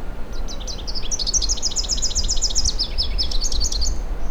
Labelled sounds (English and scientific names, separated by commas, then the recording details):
Rufous-capped Warbler (Basileuterus rufifrons) song
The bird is a male
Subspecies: rufifrons
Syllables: 42
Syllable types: 13
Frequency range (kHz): 2.2-9.8 kHz
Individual UJ-SNW-M